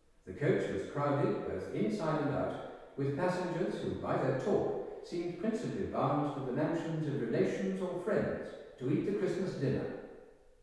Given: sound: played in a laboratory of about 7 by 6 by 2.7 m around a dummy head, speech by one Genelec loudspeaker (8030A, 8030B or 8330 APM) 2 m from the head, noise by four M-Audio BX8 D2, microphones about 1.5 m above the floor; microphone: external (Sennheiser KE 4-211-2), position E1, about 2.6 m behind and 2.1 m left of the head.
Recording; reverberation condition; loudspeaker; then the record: male speech in English; high; 120 degrees to the right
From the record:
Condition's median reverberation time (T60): about 1300 ms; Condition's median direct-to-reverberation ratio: about -4.0 dB